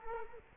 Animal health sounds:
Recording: mosquito wingbeat signal from an infrared sensor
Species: Culex quinquefasciatus

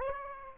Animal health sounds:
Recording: mosquito wingbeat signal from an infrared sensor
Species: Aedes aegypti

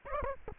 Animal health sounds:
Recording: mosquito wingbeat signal from an infrared sensor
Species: Aedes aegypti

